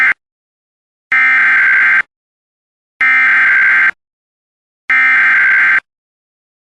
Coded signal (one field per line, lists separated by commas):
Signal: Emergency Alert System (SAME) tones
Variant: header bursts